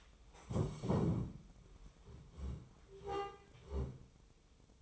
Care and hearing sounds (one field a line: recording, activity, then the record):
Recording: daily activity, microphone in the room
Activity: stand up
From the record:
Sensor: 1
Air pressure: 1005.0 hPa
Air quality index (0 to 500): 123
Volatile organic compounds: 5 ppm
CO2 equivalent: 1726 ppm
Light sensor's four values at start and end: 11/27/11/12 and 11/26/10/11